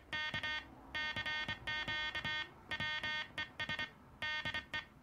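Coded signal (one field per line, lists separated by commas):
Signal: Morse code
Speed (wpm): 27 wpm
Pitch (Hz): 1850 Hz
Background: none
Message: K CQ WES DE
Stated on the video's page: Sideswiper (cootie) key, Soviet-made KDM 2, slightly modified with its lever mounted on two bearings under a bakelite base.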